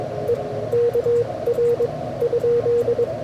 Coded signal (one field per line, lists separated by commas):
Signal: Morse code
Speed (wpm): 22 wpm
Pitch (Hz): 480 Hz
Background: radio noise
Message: EKR ?